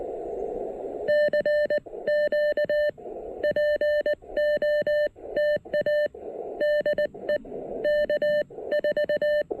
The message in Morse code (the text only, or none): CQ POTA DE K4